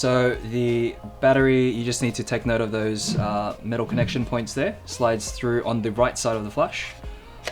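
Someone talks while a rechargeable lithium battery pack is handled and lined up, metal contacts first, to slide into the battery slot on the right side of a Godox V1 round-head speedlite flash. The clip ends before the pack goes home, so nothing has seated or clicked yet.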